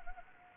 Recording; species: mosquito wingbeat signal from an infrared sensor; Anopheles gambiae